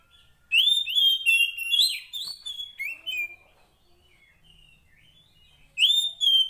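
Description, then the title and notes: Oriental magpie-robin song: bursts of rich, varied whistled phrases with sliding and rising notes, a pause of about two seconds, then another loud whistled burst. Fill-in (isian) song, meant to get a magpie-robin singing actively day and night. "Kacer Jadi Gacor Siang Malam. Isian Kacer Durasi Panjang"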